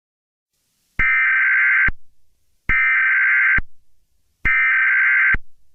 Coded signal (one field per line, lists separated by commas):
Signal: Emergency Alert System (SAME) tones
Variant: header bursts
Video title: EAS Scenario Alien Invasion